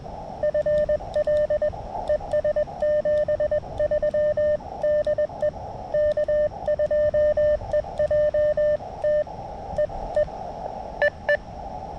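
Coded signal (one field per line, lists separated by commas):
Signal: Morse code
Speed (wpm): 20 wpm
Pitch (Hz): 590 Hz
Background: radio noise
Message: FL ES 73 DE K2EJT EE EE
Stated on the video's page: CW parks on the air activation on 20m with a KX2, first on an AX2 antenna with slow going, then on a different antenna.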